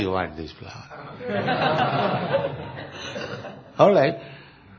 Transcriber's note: laughter